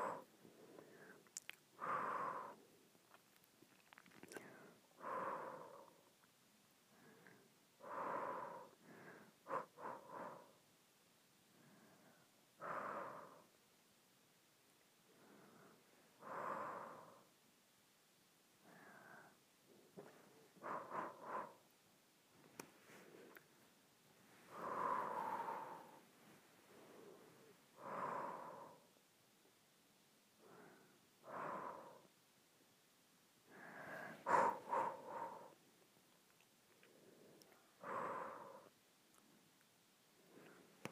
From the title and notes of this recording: ASMR Blowing Short Breaths.